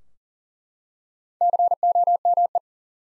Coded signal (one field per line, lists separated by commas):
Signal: Morse code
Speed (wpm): 40 wpm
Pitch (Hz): 700 Hz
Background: none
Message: COME